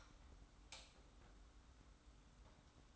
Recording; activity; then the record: daily activity, microphone in the room; light on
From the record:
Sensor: 3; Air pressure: 991.0 hPa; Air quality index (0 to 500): 114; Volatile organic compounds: 67 ppm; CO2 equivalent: 3490 ppm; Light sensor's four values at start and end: 36/86/34/32 and 39/95/38/35